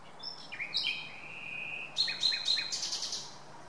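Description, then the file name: Common nightingale song: a few introductory notes, a long level whistle, then a rapid series of sharp repeated notes. "Luscinia megarhynchos"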